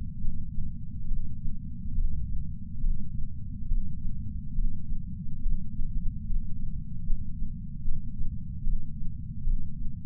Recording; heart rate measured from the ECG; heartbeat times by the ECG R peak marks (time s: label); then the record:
heart sounds by patch sensor on the chest; 72 bpm
0.21 s: heartbeat
1.08 s: heartbeat
1.95 s: heartbeat
2.81 s: heartbeat
3.69 s: heartbeat
4.56 s: heartbeat
5.43 s: heartbeat
6.27 s: heartbeat
7.06 s: heartbeat
7.84 s: heartbeat
8.64 s: heartbeat
9.44 s: heartbeat
From the record:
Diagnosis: coronary artery disease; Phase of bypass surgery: preoperative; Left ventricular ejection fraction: 50.2%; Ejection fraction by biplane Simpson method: 54%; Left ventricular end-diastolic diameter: 54 mm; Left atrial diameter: 42 mm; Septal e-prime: 4.1 cm/s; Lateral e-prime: 7.1 cm/s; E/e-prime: 7.2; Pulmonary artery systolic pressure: 19 mmHg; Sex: male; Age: 60 years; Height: 170 cm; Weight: 103 kg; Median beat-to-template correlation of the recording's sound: 0.82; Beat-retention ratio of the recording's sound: 0.99